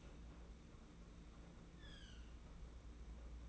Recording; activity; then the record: daily activity, microphone in the room; open fridge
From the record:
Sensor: 1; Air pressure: 991.8 hPa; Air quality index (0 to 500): 205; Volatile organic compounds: 1000 ppm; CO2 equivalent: 7940 ppm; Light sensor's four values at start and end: 28/98/37/38 and 28/98/37/38